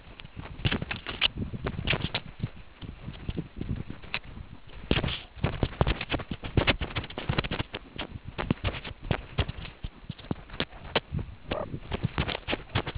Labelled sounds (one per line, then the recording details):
meerkat close call
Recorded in the Kuruman River Reserve, South Africa
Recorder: an audio tag on a meerkat's collar